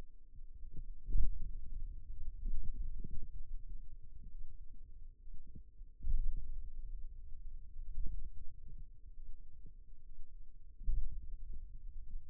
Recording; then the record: forearm muscle sounds (acoustic myography)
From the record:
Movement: pen grasping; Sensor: system 2, bracelet of six BSWA MPA416 microphones around the upper forearm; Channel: 6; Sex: male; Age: 22 years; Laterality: right